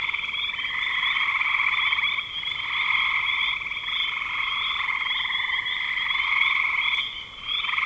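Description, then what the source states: A chorus of frogs, rapid buzzy trills overlapping without pause, with short lulls around two and seven seconds before the din resumes. Recorded in spring 2025.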